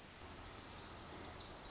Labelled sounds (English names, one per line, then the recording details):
Pacific Wren
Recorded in Sonoma County, California